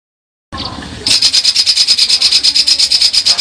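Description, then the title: White-eye song: after a soft, scratchy start, a loud rapid series of high pulsed notes repeats steadily, several per second, to the end. Masteran recording of a gacor (continuously singing) white-eye, given as full tembakan song bursts. "Masteran Burung Pleci Gacor Full Tembakan"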